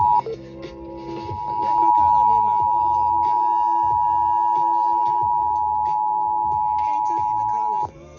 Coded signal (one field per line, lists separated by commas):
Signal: Emergency Alert System (SAME) tones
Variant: 853 and 960 Hz attention tone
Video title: National Periodic Test - 8/11/21 - EAS 334-335